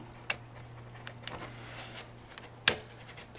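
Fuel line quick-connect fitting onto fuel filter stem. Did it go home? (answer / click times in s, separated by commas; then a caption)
yes / 2.7 s. The short-stem fuel line quick-connect fitting is pushed onto the stem of a new fuel filter on a 2003 Ford Expedition, with the filter oriented correctly so the short stem is at the top. A few faint ticks sound at about 0.3, 1.1, 1.3 and 2.4 seconds over a steady low hum. At 2.7 seconds a sharp, loud click confirms the fitting has seated.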